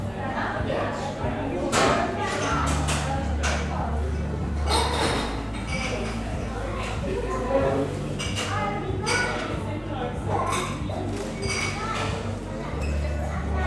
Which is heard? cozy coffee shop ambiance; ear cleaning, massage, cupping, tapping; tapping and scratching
cozy coffee shop ambiance